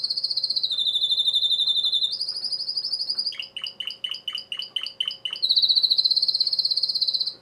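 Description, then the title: Domestic canary song: steady high rolling trills changing pitch, a run of several sharp repeated chips, then another bright sustained trill. Male singing a lot, for warming up and training young birds. "Esquente Seu Filhote E Canario Belga Macho Cantando Muito"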